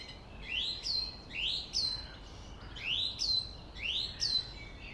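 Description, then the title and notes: Song thrush delivering one rising, whistled phrase topped by a piercing high note, repeated four times, with a faint low rumble beneath. Singing bird in a Berlin cemetery, Germany, with distant city traffic noise in the background; recorded on a handheld digital recorder. "Friedhof Columbiadamm, Berlin - Song thrush. Song thrush (Singdrossel) singing, distant city. traffic noise"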